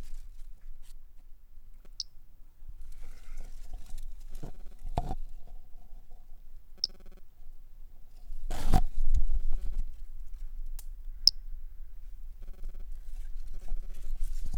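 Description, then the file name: Three-toed pumpkin toadlet making brief high-pitched chirps spaced several seconds apart, with low rumble, faint humming tones and loud rustling bursts in between. Individual 09, collected as specimen MHNCI 10730; recorded by M.R. Bornschein on 10 March 2016. "Brachycephalus tridactylus individual 09 collected MHNCI 10730 by MR Bornschein 160310"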